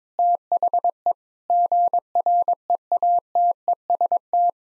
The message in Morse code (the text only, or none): THE GREATEST